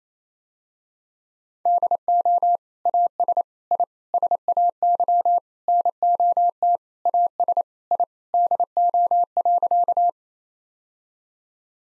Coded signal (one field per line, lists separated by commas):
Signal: Morse code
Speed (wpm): 28 wpm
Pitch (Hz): 700 Hz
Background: none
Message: DO AS I SAY NOT AS I DO.